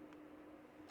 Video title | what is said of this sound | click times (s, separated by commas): How to fill Bobin and thread machine/బాబిన్ ఎలా నింపాలి దారం మెషిన్ లో ఎలా ఎక్కించాలి | బాబిన్ కేస్ ని అలా పెట్టినప్పుడు మనకి టక్ | 0.1 s